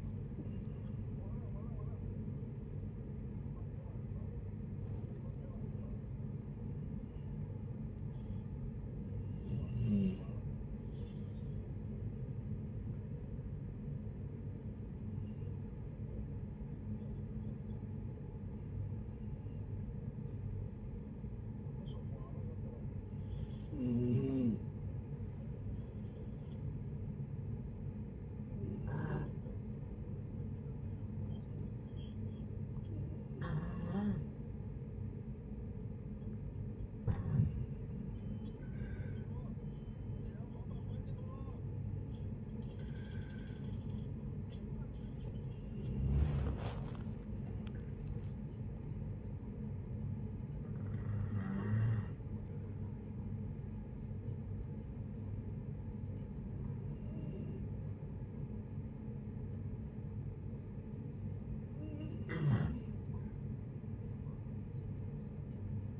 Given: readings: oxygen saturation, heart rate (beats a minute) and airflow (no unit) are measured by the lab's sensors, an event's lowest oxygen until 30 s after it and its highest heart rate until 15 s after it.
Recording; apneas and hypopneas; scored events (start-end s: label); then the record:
a person awake in a sleep study, by a smartphone at the bedside; none
0.00-66.00 s: awake
0.00-66.00 s: awake
From the record:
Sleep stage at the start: awake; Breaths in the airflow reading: 28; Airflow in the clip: -0.7 to 0.6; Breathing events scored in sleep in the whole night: 496 in 5.4 hours asleep